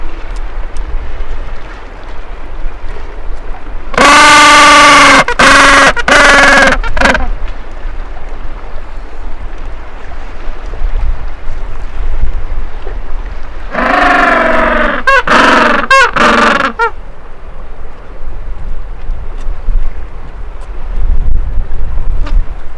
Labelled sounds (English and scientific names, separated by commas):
Gentoo Penguin (Pygoscelis papua) call